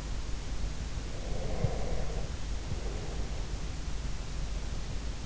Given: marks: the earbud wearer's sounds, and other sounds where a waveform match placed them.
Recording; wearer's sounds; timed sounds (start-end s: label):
sounds in sleep by an in-ear microphone; breath
1.31-3.58 s: breath